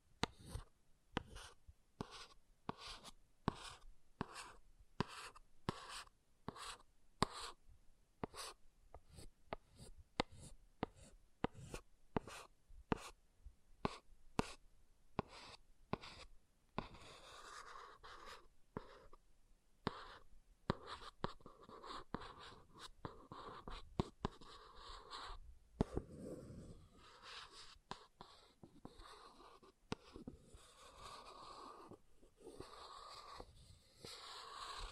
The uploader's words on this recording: ASMR Brain Melting Object Scratching (No Talking).